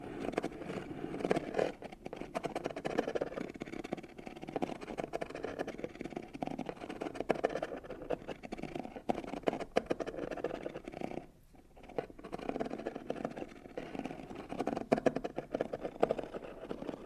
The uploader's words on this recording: Scratching, Rubbing & Tracing on Cardboard Boxes (NO TALKING).